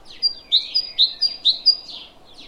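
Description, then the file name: Great tit song: quick repeated bright high two-note phrases, about two a second, over faint background noise. "Parus major"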